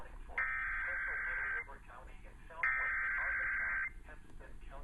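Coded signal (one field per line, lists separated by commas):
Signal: Emergency Alert System (SAME) tones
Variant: header bursts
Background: speech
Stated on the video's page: Compilation of severe thunderstorm, tornado, weekly test and child abduction alerts received from weather radio and broadcast stations.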